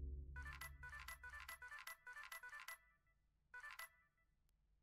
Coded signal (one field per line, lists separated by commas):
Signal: none